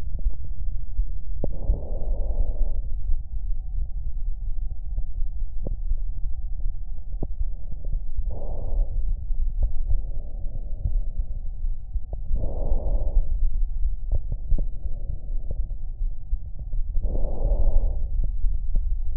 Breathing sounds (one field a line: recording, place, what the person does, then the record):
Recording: lung sounds by stethoscope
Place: right anterior apical chest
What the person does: quiet breathing, then deep breathing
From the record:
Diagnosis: COPD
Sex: female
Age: 75 years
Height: 155 cm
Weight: 67.6 kg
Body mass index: 28.1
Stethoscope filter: extended mode